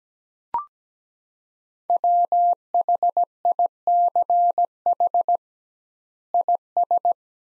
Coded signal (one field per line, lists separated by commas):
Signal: Morse code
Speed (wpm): 17 wpm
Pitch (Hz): 700 Hz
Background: none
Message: WHICH IS